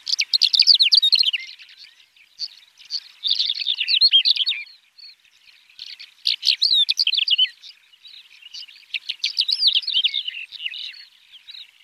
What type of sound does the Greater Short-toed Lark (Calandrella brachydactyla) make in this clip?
song